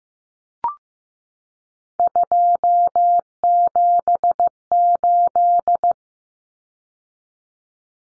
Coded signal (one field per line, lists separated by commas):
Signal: Morse code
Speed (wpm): 15 wpm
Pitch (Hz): 700 Hz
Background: none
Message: 278